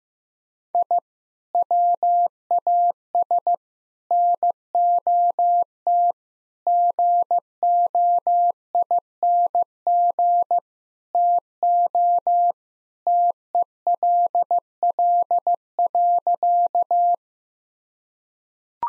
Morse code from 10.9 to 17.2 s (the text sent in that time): TO TELL.